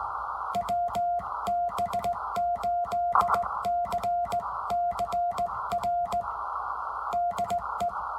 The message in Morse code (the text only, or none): WB8CCR DE